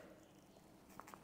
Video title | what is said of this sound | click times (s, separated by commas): DIY Painting Without a Paint Booth! | once you hear that click and it takes a lot of strength we have now punctured the bladder | 1.0 s